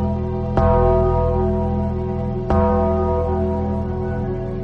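gong being struck

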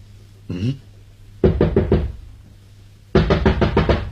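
knocking on a door

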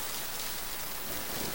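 rain falling

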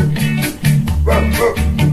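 dog barking

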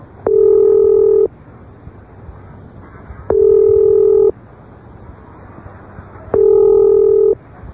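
telephone number being dialed

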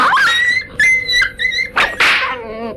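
dog yelping

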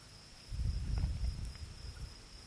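crickets chirping at night

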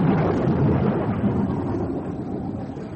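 thunder clap

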